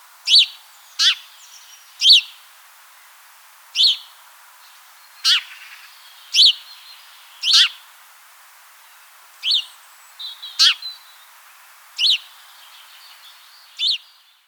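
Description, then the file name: House sparrow giving single harsh chirps, about a dozen over the stretch, spaced unevenly one to two seconds apart, over a soft steady background hiss. "Passer domesticus"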